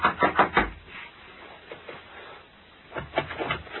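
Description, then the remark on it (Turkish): Someone raps on the wooden door of Musatlak's house, calling for it to be opened: a quick run of four sharp knocks, a pause, then another short burst of knocking, with no voices. “Musatlak, ya Musatlak, aç kapıyı.”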